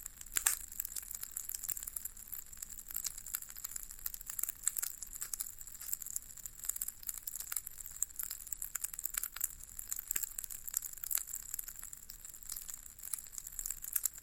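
Floral foam being pressed and crumbled, giving a dense, continuous stream of tiny crisp crackles and squeaks. Sharper crunches pop out irregularly every second or so. The sound is bright and hissy with almost no low end, steady in level throughout.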